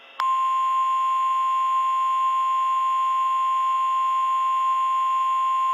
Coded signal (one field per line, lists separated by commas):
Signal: Emergency Alert System (SAME) tones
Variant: 1050 Hz attention tone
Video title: Emergency Alert System Scenario #5: "The Wyoming Incident"